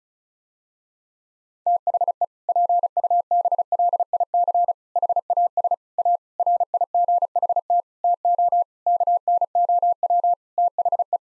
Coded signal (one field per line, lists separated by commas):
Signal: Morse code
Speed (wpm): 36 wpm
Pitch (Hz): 700 Hz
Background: none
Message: THE PUBLIC HAS A RIGHT TO KNOW THE